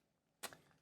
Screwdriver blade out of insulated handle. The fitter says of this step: very tight fit you hear the sound when it pulls out